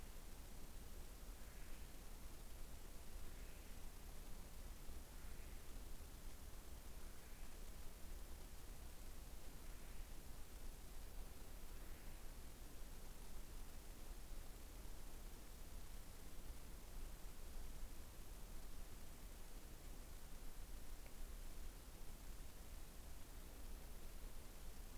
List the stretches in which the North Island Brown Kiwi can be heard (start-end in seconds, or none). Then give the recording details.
0.00-12.73. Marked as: faintness 4/5. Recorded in New Zealand on 21 November 2014. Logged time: 01:28. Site CL78